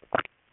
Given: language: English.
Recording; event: throat vibration sensor signal played as sound; swallow